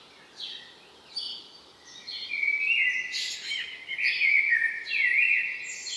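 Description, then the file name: Common blackbird calls: a few scattered high chirps, then continuous loud twittering with wavering notes from about two seconds to the end. "Turdus merula"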